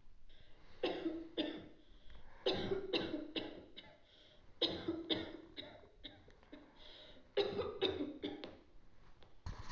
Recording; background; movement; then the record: deep breathing; a bystander coughing; sitting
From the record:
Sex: male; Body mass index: 20.6 kg/m2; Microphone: on the chest, facing outward